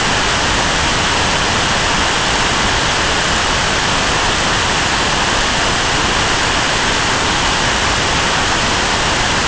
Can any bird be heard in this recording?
no